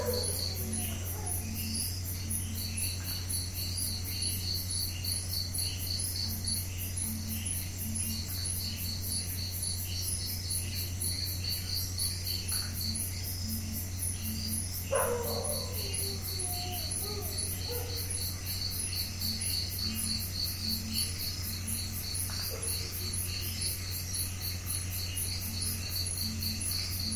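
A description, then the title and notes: Night insects chirp in fast, regular pulses over a steady low air-conditioning drone, with a brief scrape around fifteen seconds. 10pm Netrevali, Goa, India, sounds of the night - insects chirping, air conditioning drone.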